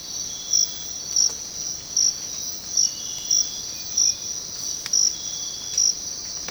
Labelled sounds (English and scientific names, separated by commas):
none